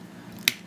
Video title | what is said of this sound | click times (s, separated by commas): Transformers Review Classics Universe Cyclonus with Nightstick | peck it until it snaps rotate it down now the other cool thing | 0.5 s